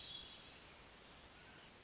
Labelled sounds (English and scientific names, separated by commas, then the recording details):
Hermit Thrush (Catharus guttatus)
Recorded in Sonoma County, California